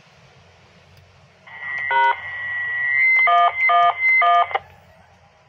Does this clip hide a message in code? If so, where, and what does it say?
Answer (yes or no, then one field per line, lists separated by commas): yes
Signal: DTMF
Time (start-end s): 1.9-4.4 s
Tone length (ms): 220 ms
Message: # 111